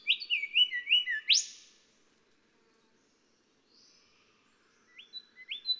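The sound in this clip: Golden whistler song: a rich whistled phrase ending in a strong upswept note, a pause, then a fresh phrase beginning with rising whistles.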